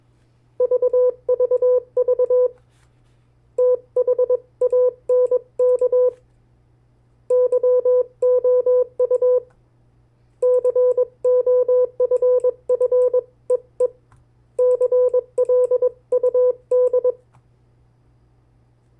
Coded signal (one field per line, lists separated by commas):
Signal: Morse code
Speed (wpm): 21 wpm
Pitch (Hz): 500 Hz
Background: none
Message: VVV THANK YOU COFFEE CLUD